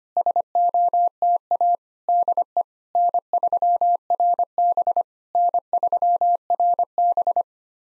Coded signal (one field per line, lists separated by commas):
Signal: Morse code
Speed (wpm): 25 wpm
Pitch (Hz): 700 Hz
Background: none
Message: SOTA DE N3RB N3RB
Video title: SOTA QSO Practice 25wpm